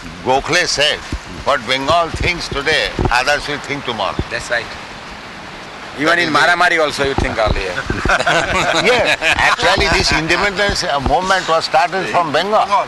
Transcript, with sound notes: Gokule said, "What Bengal thinks today, others will think tomorrow."
That's right. Even in Mara-mari also, you think only... [laughs]
Yes. Actually, this independence movement was started from Bengal.